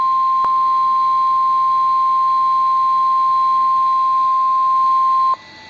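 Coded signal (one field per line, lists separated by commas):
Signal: Emergency Alert System (SAME) tones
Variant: 1050 Hz attention tone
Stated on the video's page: Special Marine Warning received off-air from NOAA Weather Radio.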